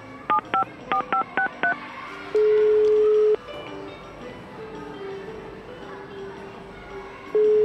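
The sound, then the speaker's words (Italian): A quick run of seven two-tone keypad beeps dials a phone number, followed by a single long, steady ringback tone, a pause, and the start of another ring with no answer. “Vedi, non risponde.”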